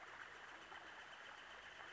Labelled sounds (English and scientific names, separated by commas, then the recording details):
Northern Flicker (Colaptes auratus)
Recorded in Sonoma County, California